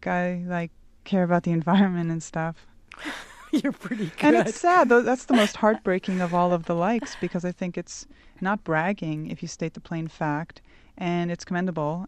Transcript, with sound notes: I, like, care about the environment and stuff.'" [laughter]
You're pretty good!"
"And it's sad. That's the most heartbreaking of all of the likes, because I think it's not bragging if you state the plain fact and it's commendable.